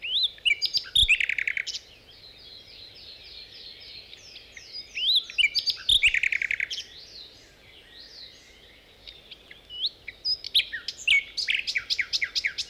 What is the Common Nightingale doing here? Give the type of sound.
song